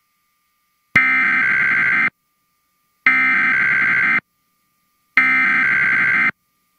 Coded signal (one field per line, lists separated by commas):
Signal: Emergency Alert System (SAME) tones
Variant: header bursts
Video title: PBS KIDS Program Break & EAS Test (2011 WHYY)